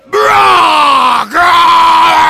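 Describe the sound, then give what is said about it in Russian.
A man voices a loud, drawn-out wailing cry in imitation of an animal, its pitch sliding slowly downward, with a brief break about halfway before the call carries on. “Вдруг возопил …, сорвав громкие аплодисменты за имитацию крика очередного животного.”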